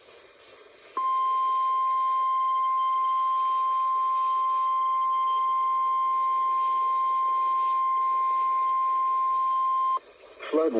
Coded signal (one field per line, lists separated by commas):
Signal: Emergency Alert System (SAME) tones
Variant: 1050 Hz attention tone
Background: speech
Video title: Convective Handful 7: Return of The Big Polygons - EAS Alerts from 2/16/25 || EAS 1,614-1,620